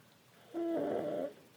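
A single soft snore of under a second, with a steady mid-pitched, slightly whistling tone over quiet room background. Gentle little baby snores from a young boy asleep.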